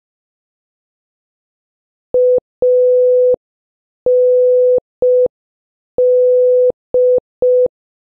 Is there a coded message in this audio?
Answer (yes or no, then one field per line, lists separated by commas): yes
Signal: Morse code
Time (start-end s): 2.1-7.7 s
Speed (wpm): 5 wpm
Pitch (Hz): 500 Hz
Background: none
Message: AND